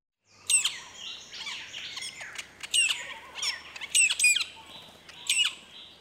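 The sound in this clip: Metallic starling calls: scattered sharp, metallic squawks and rasping notes at irregular intervals, with softer chatter in between over a low background hiss.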